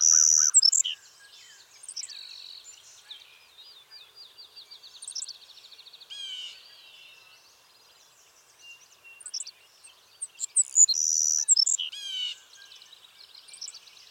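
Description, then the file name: Savannah sparrow singing: loud bursts of sharp high chips and buzzy notes, with thin ticking trills between them. "Passerculus sandwichensis - Savannah Sparrow"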